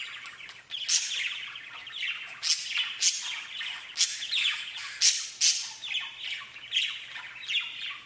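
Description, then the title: Budgerigar chatter: rapid, scratchy chirps and squawks in uneven bursts, with brief pauses between runs. "Budgie Sounds"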